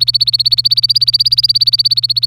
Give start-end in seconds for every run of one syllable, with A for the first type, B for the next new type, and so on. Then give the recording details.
0.00-2.26 A. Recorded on 25 April 2018 at 09:21. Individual llb3